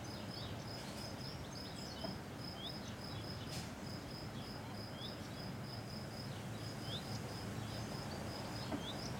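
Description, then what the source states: Cicada song in a long run of short high pulses over constant wind. Single cicada hiding in a garden all week; recorded on a day of constant mistral wind blowing through a pine tree.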